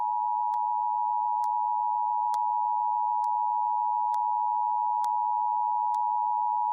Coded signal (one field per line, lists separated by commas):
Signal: Emergency Alert System (SAME) tones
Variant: 853 and 960 Hz attention tone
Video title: EAS Alerts from 10/17/22 to 10/20/22 [EAS #96-100!!]